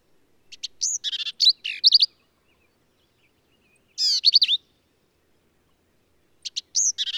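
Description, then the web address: Black-capped vireo song: three separate bursts of fast, varied notes, some sharp and clicking and some slurred and squeaky, with silent gaps between. "birdsongforthecurious Black-capped Vireo"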